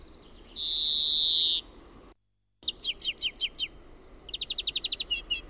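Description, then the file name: European greenfinch gives a long buzzy wheeze, then a series of sharp twittering notes and a fast, even trill. "VIHERPEIPPO"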